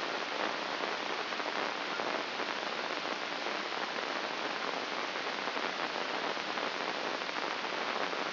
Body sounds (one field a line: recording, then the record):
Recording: brain microelectrode recording played as sound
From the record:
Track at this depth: outside the subthalamic nucleus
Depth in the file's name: 6.429 mm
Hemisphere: left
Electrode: 2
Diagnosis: Parkinson's disease